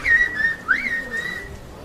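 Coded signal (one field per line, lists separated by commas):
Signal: whistled language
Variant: Turkish Kuş dili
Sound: a clear whistle gliding around one pitch, dipping then sweeping up and settling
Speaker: UNESCO estimates the whistled language is spoken or understood by about 10,000 people in the eastern Black Sea area of northern Turkey.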